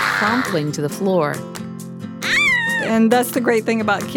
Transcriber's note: children screeching